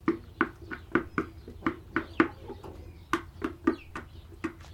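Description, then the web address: Chicken pecking: a rapid series of sharp taps over a faint low hum. Highliner Brown breed, pecking. "Sound Effects-Foundation 1 BIRD CHICKEN HIGHLINER BROWN PECKING"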